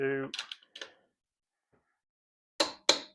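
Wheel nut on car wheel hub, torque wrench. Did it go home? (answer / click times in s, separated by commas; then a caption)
yes / 2.6 s, 2.9 s. Someone talks at the start, then a torque wrench tightens the third wheel nut on a car wheel hub in a star sequence. The wrench gives a sharp double click at 2.6 s and 2.9 s, showing the nut has reached torque.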